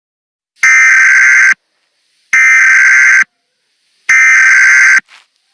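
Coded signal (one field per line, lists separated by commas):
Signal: Emergency Alert System (SAME) tones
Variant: header bursts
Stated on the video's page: Part one of a fictional EAS scenario with valid tones, with music added.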